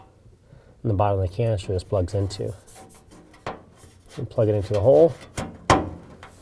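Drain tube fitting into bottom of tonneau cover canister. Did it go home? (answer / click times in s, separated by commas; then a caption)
yes / 5.7 s. Someone talks while a plastic drain tube fitting is pushed into the hole in the bottom of the canister of a GatorTrax electric retractable tonneau cover on a 2012 Ford F150. A sharp, loud snap comes at 5.7 s, and the fitting is properly seated.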